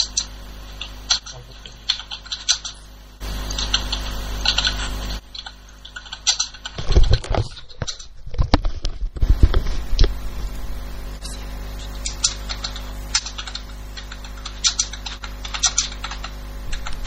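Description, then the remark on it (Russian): Rapid, irregular clicking of keys on a computer keyboard, picked up by someone's unmuted microphone, runs throughout, with a louder burst of heavier keystrokes and clatter in the middle before settling back into steady typing. “Потому что слышно печатание клавиатуры.”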